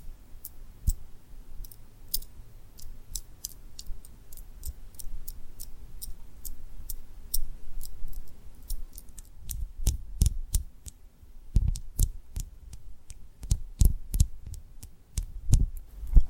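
Tapping and rubbing on rhinestone lip triggers: sharp, bright taps at a fairly regular pace, roughly two or three per second. After about nine seconds the taps grow heavier and thuddier, with soft rubbing and a low hum underneath throughout.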